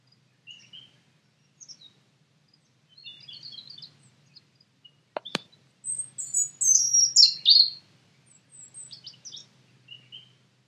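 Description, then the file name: European robin singing thin, high warbled phrases separated by pauses, with sharp clicks midway and a louder, tumbling sequence later on. "Erithacus rubecula"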